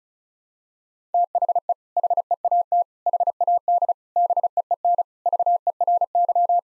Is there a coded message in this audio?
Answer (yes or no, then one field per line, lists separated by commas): yes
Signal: Morse code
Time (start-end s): 1.1-6.6 s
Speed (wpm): 36 wpm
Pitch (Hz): 700 Hz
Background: none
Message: THE HEAT HAD BEEN VERY